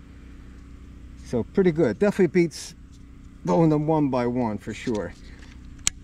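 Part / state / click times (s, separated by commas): rotary pellet magazine into air rifle breech / seated / 5.9 s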